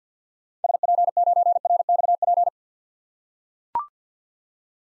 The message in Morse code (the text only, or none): SP9RXP